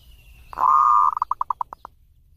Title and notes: Kupulan Burung Perkutut. burung perkutut yang bisa digunakan untuk memaster